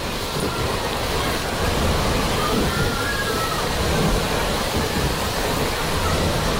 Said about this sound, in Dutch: Ja, het geluid van je jeugd. Ik zit even te luisteren. Ja, het lijkt een beetje meer op de zee, hè? Maar jij wilde een golfslagbad.